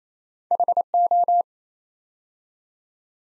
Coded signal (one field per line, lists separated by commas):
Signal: Morse code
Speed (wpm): 27 wpm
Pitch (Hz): 700 Hz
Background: none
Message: HO